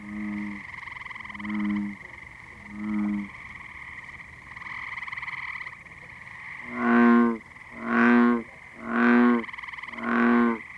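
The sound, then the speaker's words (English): A lone bullfrog's deep bass croaks sound four times in a slow, even rhythm, loud and resonant, after three shorter low croaks, all over a steady high-pitched chorus of trilling frogs, on a warm evening. “And a lone bullfrog adds his bass voice to the concert.”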